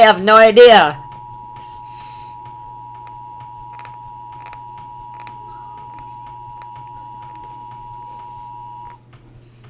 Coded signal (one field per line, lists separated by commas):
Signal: Emergency Alert System (SAME) tones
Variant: 853 and 960 Hz attention tone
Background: speech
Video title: EAS Scenario The Night of the Nightmares Reaction